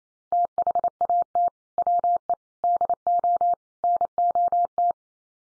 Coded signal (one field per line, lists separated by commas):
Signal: Morse code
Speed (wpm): 28 wpm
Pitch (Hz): 700 Hz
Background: none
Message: THAT WE DO NOT